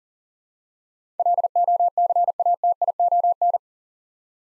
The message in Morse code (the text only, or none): LOCATION